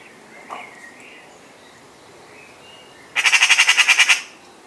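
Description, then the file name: Eurasian magpie harsh rattling chatter, a single dry burst of about ten rapid, evenly spaced notes lasting roughly one second, with faint background noise. "Pica pica"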